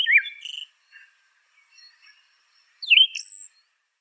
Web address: Schulze Peter Siberian Thrush song